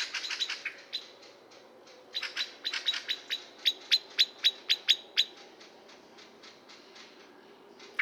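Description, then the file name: Eurasian blackbird giving sharp, clicking chink calls in quick bursts, about four a second, pausing for a second between runs, with a thin high whistled note laid over some of them. "Turdus merula"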